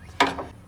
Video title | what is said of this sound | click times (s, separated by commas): COMPLETE RESTORATION ♻ TRASHED John Deere RX95 Mower | resting on this and when we pull this out that's going to snap into place and put tension on it | 0.2 s